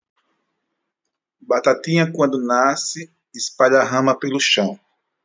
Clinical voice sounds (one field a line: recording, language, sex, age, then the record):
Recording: short text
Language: Brazilian Portuguese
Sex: male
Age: 40 to 49 years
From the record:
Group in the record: control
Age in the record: 44 years